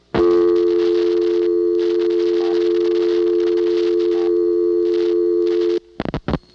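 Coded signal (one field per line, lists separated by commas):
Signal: telephone call progress tone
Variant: North America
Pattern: dial tone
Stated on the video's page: Calls dialed to local office codes from a phone served by a rare European (Siemens) switch, Ocala local network, 1982.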